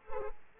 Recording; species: mosquito wingbeat signal from an infrared sensor; Culex pipiens